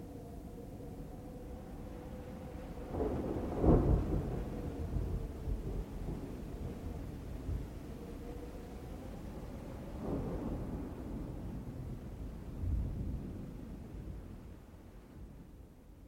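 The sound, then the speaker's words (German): A thunderstorm rumbles with steady rain underneath, as a loud crack of thunder bursts around four seconds, followed by another rolling peal later and a fainter rumble near the end. “Aber der Sturm hat Ihre Telefonleitung abgerissen.”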